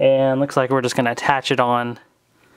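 Someone talks while handling a plastic feet/limb piece about to be pressed onto the side of a Power Rangers Mixx 'N Morph transforming action figure's ball/peg joint. Nothing has seated or clicked yet; the clip ends just before the part goes home.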